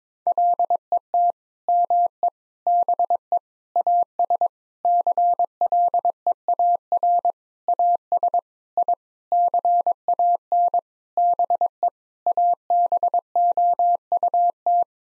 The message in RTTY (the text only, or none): none